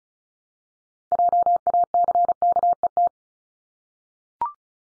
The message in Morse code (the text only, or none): JACKET